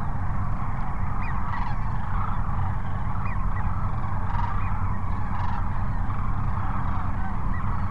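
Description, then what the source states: Sandhill cranes calling as a flock, overlapping rolling, trumpeting notes over a steady low rumbling background noise. Cochise Lakes, 30 January 2019; multiple cranes.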